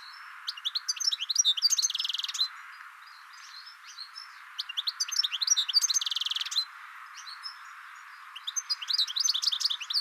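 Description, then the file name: European goldfinch twittering in fast, tinkling phrases with buzzy rattles mixed in, the bursts repeating about every four seconds over a constant hiss. "Carduelis carduelis"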